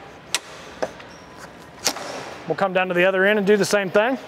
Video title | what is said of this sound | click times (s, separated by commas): Airstream with an Office and Hatch - 2022 Airstream Flying Cloud 25FB | grab the arm place it up here on the head and push it forward to lock it | 1.9 s